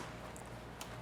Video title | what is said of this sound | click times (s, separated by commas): This Mod Turns Heads Instantly! Tacoma LED Emblem | that's simply going to get snapped in place on our grill. | 0.4 s, 0.8 s